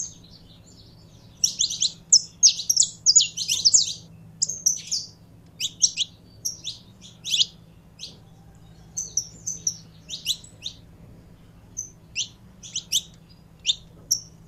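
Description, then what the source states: Canary starts after a quiet moment, then sings rapid sharp chirps and twitters in irregular groups, some notes briefly repeated; steady background hum. Belgian breed canary, described as pure-bred.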